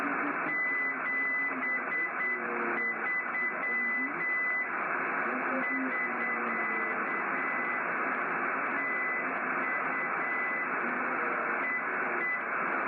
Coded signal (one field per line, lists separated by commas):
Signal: Morse code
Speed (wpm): 8 wpm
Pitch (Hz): 2000 Hz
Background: radio noise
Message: 73 <SK> TU EE